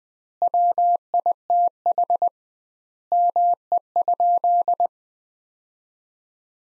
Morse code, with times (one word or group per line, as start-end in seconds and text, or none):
0.4-2.3 WITH
3.1-4.9 ME?